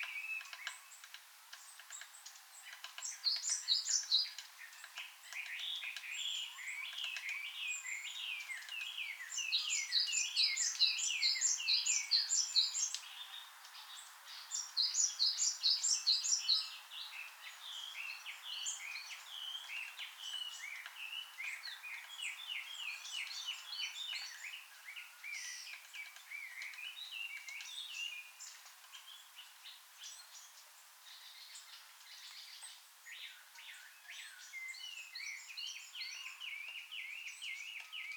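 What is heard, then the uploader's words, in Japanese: Birdsong fills a forest park, with several birds singing over one another in a dense, bright chorus of chirps, trills and rapid repeated notes. Louder bursts stand out around 3–4, 9–13 and 15–16 seconds, then the chorus settles into a softer, steady chatter. 散在ガ池森林公園。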